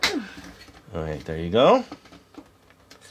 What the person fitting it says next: I'm not hearing snapping. I can't snap it.